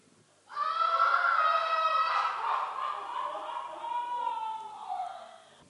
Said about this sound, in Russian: Что там за шум? Крик женщин, государь.